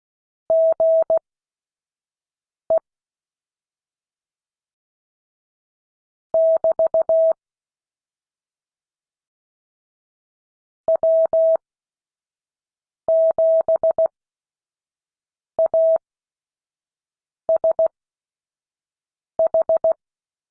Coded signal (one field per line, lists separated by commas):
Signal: Morse code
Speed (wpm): 16 wpm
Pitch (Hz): 650 Hz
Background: none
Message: GE <BT> W7ASH